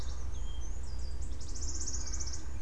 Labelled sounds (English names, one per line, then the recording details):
Eurasian Blue Tit
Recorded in Germany
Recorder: ecoPi